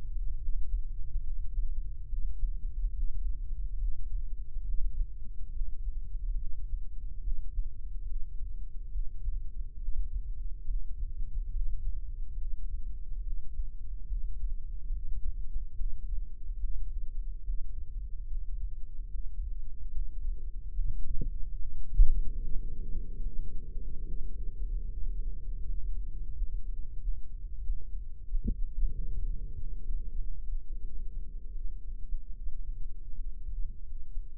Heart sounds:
heart sounds by microphone in the right ear; 75 bpm
0.37 s: heartbeat
1.20 s: heartbeat
2.06 s: heartbeat
2.91 s: heartbeat
3.76 s: heartbeat
4.62 s: heartbeat
5.49 s: heartbeat
6.35 s: heartbeat
7.19 s: heartbeat
8.04 s: heartbeat
8.89 s: heartbeat
9.76 s: heartbeat
10.63 s: heartbeat
11.49 s: heartbeat
12.35 s: heartbeat
13.20 s: heartbeat
14.05 s: heartbeat
14.89 s: heartbeat
15.73 s: heartbeat
16.57 s: heartbeat
17.41 s: heartbeat
18.24 s: heartbeat
19.07 s: heartbeat
19.89 s: heartbeat
20.71 s: heartbeat
21.54 s: heartbeat
22.38 s: heartbeat
23.21 s: heartbeat
24.04 s: heartbeat
24.87 s: heartbeat
25.64 s: heartbeat
26.33 s: heartbeat
26.99 s: heartbeat
27.62 s: heartbeat
28.25 s: heartbeat
28.89 s: heartbeat
29.55 s: heartbeat
30.18 s: heartbeat
30.81 s: heartbeat
31.52 s: heartbeat
32.33 s: heartbeat
33.13 s: heartbeat
33.83 s: heartbeat
From the record:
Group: healthy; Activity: breath hold 0-23 s, rest 23-34 s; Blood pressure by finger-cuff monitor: 90/55 mmHg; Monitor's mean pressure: 69 mmHg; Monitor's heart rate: 72 bpm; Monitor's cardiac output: 6.3 L/min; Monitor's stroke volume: 85 mL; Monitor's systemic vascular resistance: 790 dyn s/cm5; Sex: female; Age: 26 years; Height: 165 cm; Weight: 55 kg

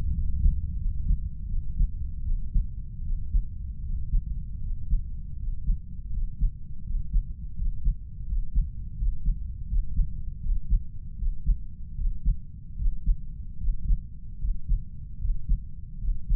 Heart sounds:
heart sounds by stethoscope; 79 bpm
0.12 s: heartbeat
0.76 s: heartbeat
1.47 s: heartbeat
2.23 s: heartbeat
3.03 s: heartbeat
3.82 s: heartbeat
4.61 s: heartbeat
5.37 s: heartbeat
6.11 s: heartbeat
6.84 s: heartbeat
7.55 s: heartbeat
8.26 s: heartbeat
8.96 s: heartbeat
9.67 s: heartbeat
10.40 s: heartbeat
11.16 s: heartbeat
11.95 s: heartbeat
12.76 s: heartbeat
13.57 s: heartbeat
14.38 s: heartbeat
15.18 s: heartbeat
15.98 s: heartbeat
From the record:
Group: healthy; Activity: Valsalva maneuver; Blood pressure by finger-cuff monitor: 108/48 mmHg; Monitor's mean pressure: 65 mmHg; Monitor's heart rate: 79 bpm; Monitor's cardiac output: 8.4 L/min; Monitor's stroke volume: 105 mL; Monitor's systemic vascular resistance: 570 dyn s/cm5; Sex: female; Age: 32 years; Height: 168 cm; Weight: 61.9 kg

